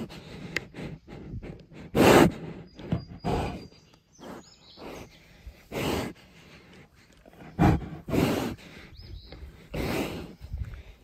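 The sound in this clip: Bear sniffing: loud breathy huffs and snorts come in uneven bursts, separated by softer snuffling and pauses.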